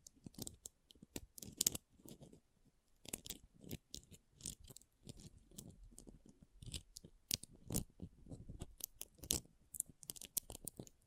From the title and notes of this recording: ASMR Ultimate Pom Pom Tingles (No Talking).